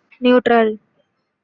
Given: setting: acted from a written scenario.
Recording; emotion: vocal sound without words; neutral